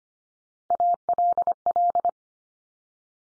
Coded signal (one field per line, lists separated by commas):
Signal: Morse code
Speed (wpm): 25 wpm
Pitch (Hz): 700 Hz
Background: none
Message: ALL